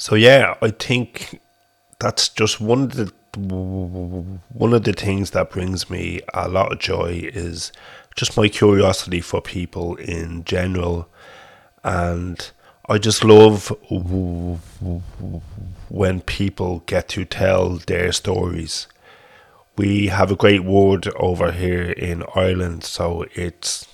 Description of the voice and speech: A stammering voice from Dublin, Republic of Ireland.